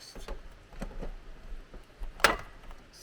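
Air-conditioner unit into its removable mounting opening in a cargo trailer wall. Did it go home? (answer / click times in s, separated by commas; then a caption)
yes / 2.2 s. A temporary portable air-conditioner unit is put top-first into its removable mount in a cargo trailer wall and slid in while someone talks. Soft knocks and scrapes build to one sharp, loud snap at 2.2 s as the unit seats firmly in place.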